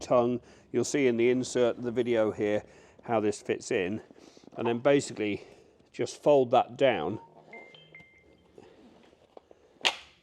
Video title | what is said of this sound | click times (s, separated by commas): Install an Eagle Soft Tonneau Cover on Your 2023 Ford Ranger Wildtrak - Step-by-Step Tutorial! | and that then clicks into place it's a good idea just to do that before you start | 9.9 s